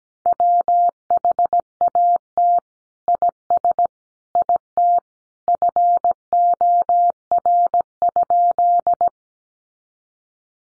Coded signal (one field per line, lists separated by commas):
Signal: Morse code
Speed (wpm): 17 wpm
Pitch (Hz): 700 Hz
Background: none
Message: WHAT IS IT FOR?